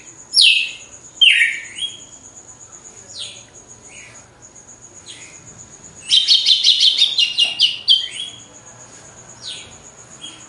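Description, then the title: Red-cowled cardinal song: loud, sweeping downslurred whistles spaced apart, then a rapid rattling burst of sharp notes, over a steady high-pitched background hum. Female; recorded after the moult; contest (disputa) bird. "Canto Galo Campina Fêmea. GALO DE CAMPINA DEPOIS DA MUDA (disputa)"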